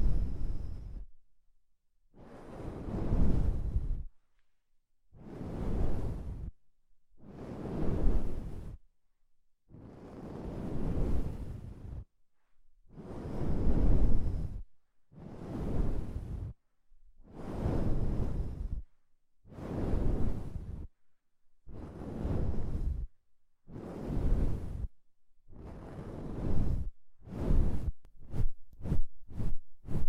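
Deep ear cleaning: rumbling, swishing rubs come in regular two-second strokes separated by silence, then quicken into rapid short scrubs near the end.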